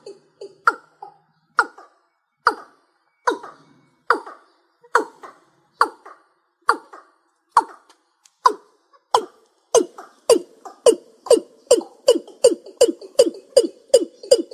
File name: Tieng ga dong